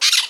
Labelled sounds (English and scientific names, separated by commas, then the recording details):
Brown-throated Parakeet (Eupsittula pertinax) contact call
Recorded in Margarita
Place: Just E of turn-off to San Francisco, near mirador
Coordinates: 11.058, -64.282